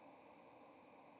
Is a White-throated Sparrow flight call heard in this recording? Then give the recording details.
no. Another species' flight call is heard. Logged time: 09:10 on 30 October 2014